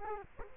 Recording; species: mosquito wingbeat signal from an infrared sensor; Culex quinquefasciatus